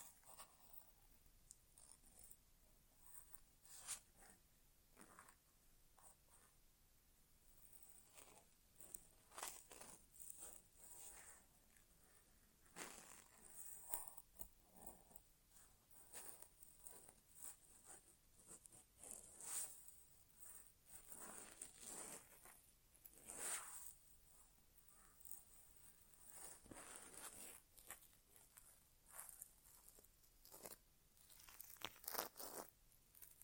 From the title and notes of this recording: ASMR Inner Ear Exam (No Talking).